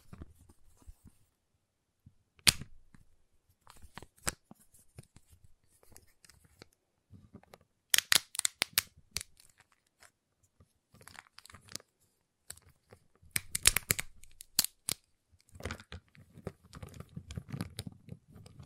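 A giant chocolate bar is tapped, cut and snapped in irregular bursts of sharp crisp clicks and cracks. Loud snaps land near 2.5, 8 and 14 seconds, with busier clusters of crunchy crackling between them and a low rumbling thud underneath toward the end.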